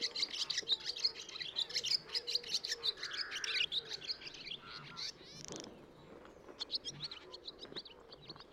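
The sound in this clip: Birds chirping: rapid high sharp chirps and twitters pour out several per second, with a lower buzzy burst midway and scattered clicks afterwards.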